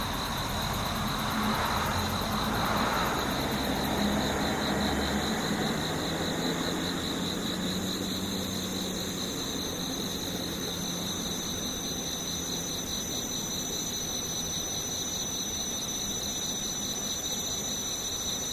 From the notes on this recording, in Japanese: ムシ